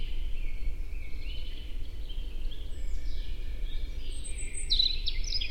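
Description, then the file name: European robin's faint high whistles drifting through, ending with a brighter, sharper trilled phrase, while a deep steady rumble fills the background. "Erithacus rubecula"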